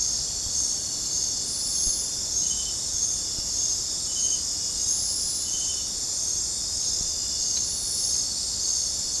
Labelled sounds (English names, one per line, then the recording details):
none
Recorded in dense forest near Puerto Asís, Putumayo, Colombia, on 20 December 2024 at 22:00
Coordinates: 0.466, -76.327
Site G075